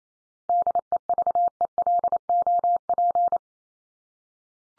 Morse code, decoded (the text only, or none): DEVELOP